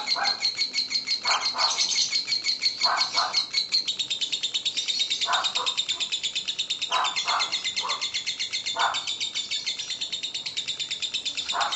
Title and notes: suara Master Kicau Lovebird ngekek, kicau pancingan